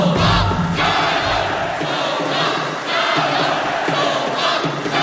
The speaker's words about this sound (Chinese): 站在总决赛的赛场上，我的心跳和着现场10000多名北京球迷的呐喊。